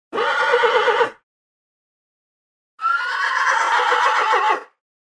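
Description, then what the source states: Horse neighing twice, an one-second whinny then a longer, shaky whinny of nearly two seconds, separated by silence. Horse with forest reverb, recorded as an impulse response (IR) sample.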